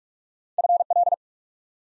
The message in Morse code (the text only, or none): FL